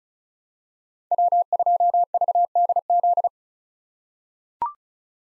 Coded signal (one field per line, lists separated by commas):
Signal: Morse code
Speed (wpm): 34 wpm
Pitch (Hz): 700 Hz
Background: none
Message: W2VDZ